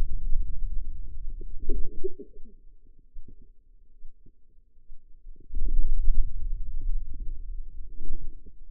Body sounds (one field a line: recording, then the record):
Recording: forearm muscle sounds (acoustic myography)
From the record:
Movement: pen grasping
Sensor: system 2, bracelet of six BSWA MPA416 microphones around the upper forearm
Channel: 6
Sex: female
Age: 25 years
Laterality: right